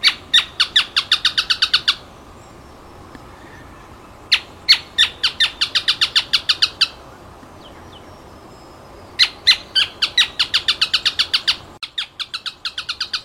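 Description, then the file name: Canebrake groundcreeper singing several series of crisp, high notes, each about two to three seconds long, with quiet gaps between them. "Canto do cisqueiro"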